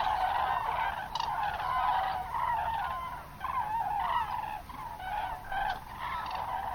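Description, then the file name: Common cranes trumpeting, a thick layer of overlapping honking calls with occasional sharper higher notes. "grus grus"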